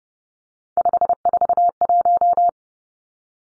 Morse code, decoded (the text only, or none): 541